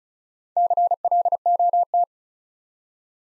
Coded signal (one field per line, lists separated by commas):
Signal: Morse code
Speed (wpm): 36 wpm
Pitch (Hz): 700 Hz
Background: none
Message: CLOT